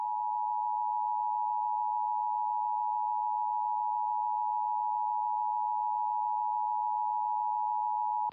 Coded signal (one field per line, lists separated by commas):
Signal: Emergency Alert System (SAME) tones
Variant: 853 and 960 Hz attention tone